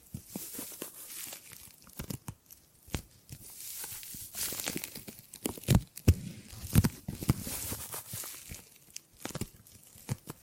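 Gripping and grabbing sounds come as irregular bursts of crinkling, rustling and tearing, with sharper grabs near six and seven seconds.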